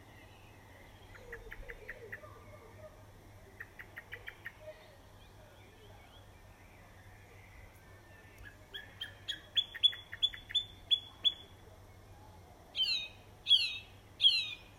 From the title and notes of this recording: Birds in the garden.